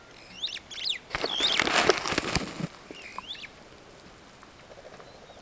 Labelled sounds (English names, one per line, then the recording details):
Superb Starling flight call
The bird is a female
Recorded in Kenya on 17 June 2010
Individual 111, of group WDB